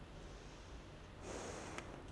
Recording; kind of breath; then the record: one breath in and out by a microphone near the nose and mouth; normal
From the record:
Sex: female